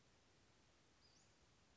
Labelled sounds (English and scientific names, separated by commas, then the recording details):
Western Flycatcher (Empidonax difficilis)
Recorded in Sonoma County, California